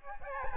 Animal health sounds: mosquito wingbeat signal from an infrared sensor; Aedes albopictus

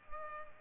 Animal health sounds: mosquito wingbeat signal from an infrared sensor; Culex pipiens

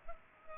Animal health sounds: mosquito wingbeat signal from an infrared sensor; Culex pipiens

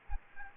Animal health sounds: mosquito wingbeat signal from an infrared sensor; Aedes aegypti

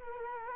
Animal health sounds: mosquito wingbeat signal from an infrared sensor; Culex quinquefasciatus

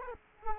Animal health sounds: mosquito wingbeat signal from an infrared sensor; Culex quinquefasciatus

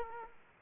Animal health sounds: mosquito wingbeat signal from an infrared sensor; Aedes aegypti

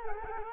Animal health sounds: mosquito wingbeat signal from an infrared sensor; Culex quinquefasciatus

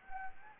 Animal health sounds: mosquito wingbeat signal from an infrared sensor; Anopheles gambiae

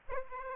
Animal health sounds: mosquito wingbeat signal from an infrared sensor; Aedes aegypti

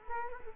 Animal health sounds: mosquito wingbeat signal from an infrared sensor; Culex quinquefasciatus

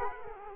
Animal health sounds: mosquito wingbeat signal from an infrared sensor; Culex quinquefasciatus

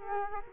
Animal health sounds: mosquito wingbeat signal from an infrared sensor; Culex quinquefasciatus

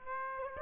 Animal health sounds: mosquito wingbeat signal from an infrared sensor; Aedes aegypti

